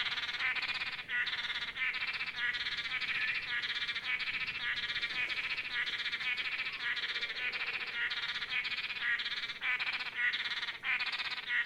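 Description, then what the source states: Blue-backed manakins calling in a thick overlapping chorus, each note a short buzzy nasal burst, repeated without break throughout. Several birds calling together.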